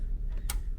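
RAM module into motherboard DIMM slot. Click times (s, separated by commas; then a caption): 0.5 s. A second RAM stick is pressed down on both sides into the fourth DIMM slot of a motherboard until its latch clicks home at 0.5 s, a short bright snap over a low steady hum. The module is seated and the RAM is installed.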